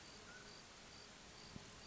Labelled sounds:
Mountain Quail
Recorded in Sonoma County, California

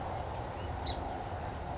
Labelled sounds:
Song Sparrow
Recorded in Sonoma County, California

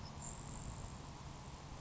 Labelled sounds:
Grasshopper Sparrow
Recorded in Sonoma County, California

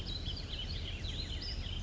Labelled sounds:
Warbling Vireo
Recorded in Sonoma County, California

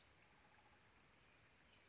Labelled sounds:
Western Flycatcher
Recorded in Sonoma County, California

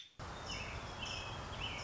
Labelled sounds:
American Robin
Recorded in Sonoma County, California

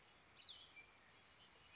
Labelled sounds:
Cassin's Vireo
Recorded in Sonoma County, California

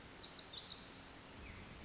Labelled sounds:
Pacific Wren
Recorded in Sonoma County, California

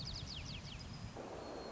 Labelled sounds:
White-crowned Sparrow
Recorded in Sonoma County, California

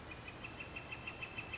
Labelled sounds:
Northern Flicker
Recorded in Sonoma County, California

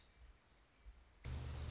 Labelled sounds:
Nuttall's Woodpecker
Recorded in Sonoma County, California

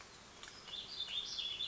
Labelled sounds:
Warbling Vireo
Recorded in Sonoma County, California

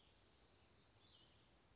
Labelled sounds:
Western Flycatcher
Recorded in Sonoma County, California

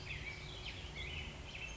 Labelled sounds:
Black-headed Grosbeak
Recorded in Sonoma County, California

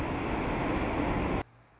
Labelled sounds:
Anna's Hummingbird
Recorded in Sonoma County, California

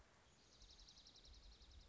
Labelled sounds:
Dark-eyed Junco
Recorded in Sonoma County, California

